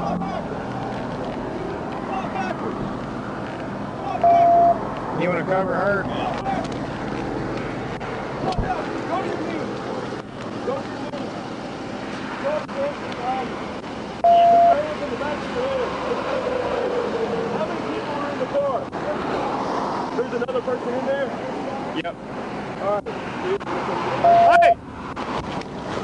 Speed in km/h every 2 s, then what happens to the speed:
0, 0, 0, 0, 0, 0, 0, 0, 0, 0, 0, 0, 0.
0-26 standing.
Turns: none.